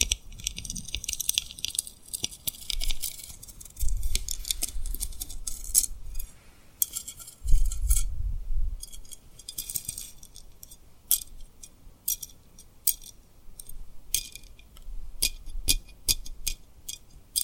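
Tapping and rubbing on rhinestones, with dense bursts of bright, crisp clicks and scratchy rustling that come and go across the clip. Soft low thumps swell around four and eight seconds, while sharp isolated ticks punctuate the later part irregularly.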